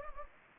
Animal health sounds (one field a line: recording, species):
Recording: mosquito wingbeat signal from an infrared sensor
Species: Anopheles gambiae